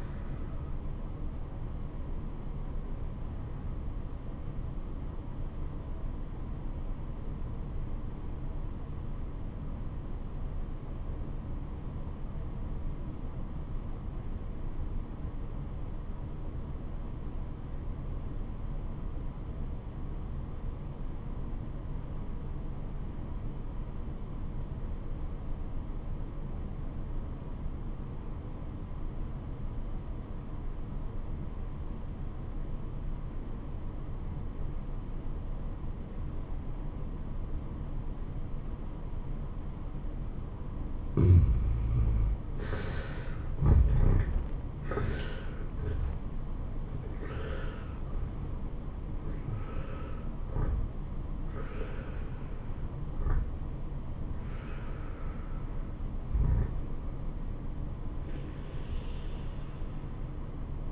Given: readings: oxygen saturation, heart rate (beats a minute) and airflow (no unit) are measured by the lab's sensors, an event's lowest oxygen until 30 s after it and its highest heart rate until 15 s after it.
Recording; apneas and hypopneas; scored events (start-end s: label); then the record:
breathing in sleep by a smartphone at the bedside; 1
3.00-42.70 s: obstructive apnea (N1, oxygen 94% highest, then 72% lowest, heart rate 74 at the start, 93 highest)
9.00-60.92 s: new sleep stage, REM sleep
From the record:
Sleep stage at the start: N1 (lightest sleep); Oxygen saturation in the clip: 76 to 94%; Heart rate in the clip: 62 to 93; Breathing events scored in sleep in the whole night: 426 in 7.4 hours asleep